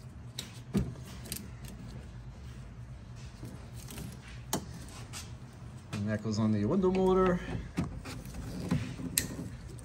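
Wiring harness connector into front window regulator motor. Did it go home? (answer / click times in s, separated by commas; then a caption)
yes / 9.2 s. Someone talks while the wiring harness connector is pushed onto the front window regulator motor in the door of a 2007-2017 Ford Expedition, with scattered small clicks and rattles and a brief tonal hum near 6 to 7 seconds. A sharp, loud click at 9.2 s marks the connector seating in.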